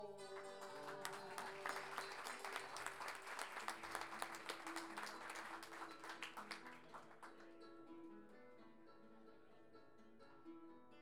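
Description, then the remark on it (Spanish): An audience bursts into sustained applause, dense overlapping claps at steady loudness for about seven seconds, then thinning out and fading over a sustained musical tone underneath. “Decir si hoy se necesita, pues solo una palabrita puede lograr un aplauso.”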